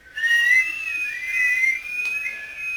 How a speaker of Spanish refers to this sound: Me gusta el sonido que tiene el silbido y por eso me pongo a silbar.